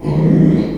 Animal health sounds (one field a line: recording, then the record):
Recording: squeal of a Yucatan mini pig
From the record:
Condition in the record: after surgery on the right vocal fold (resection and tissue-engineered implant)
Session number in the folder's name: 2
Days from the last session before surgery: 13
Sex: male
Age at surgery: 12 weeks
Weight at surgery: 13 kg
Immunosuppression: cyclosporine, prednisolone